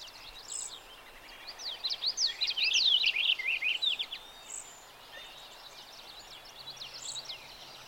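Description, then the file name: Purple finch singing one rapid, tumbling warble of high slurred notes lasting about two and a half seconds, followed by scattered faint chips amid constant background noise. Recorded on 28 June 2020. "PUFI 6 28 20 NWWSvalley"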